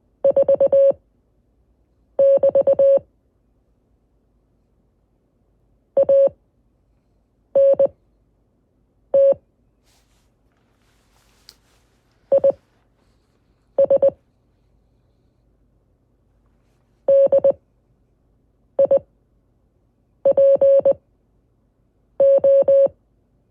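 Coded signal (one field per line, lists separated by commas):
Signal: Morse code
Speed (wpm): 20 wpm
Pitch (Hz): 550 Hz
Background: none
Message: 4 <BT> ANT IS DIPO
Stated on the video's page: Lesson on CW prosigns.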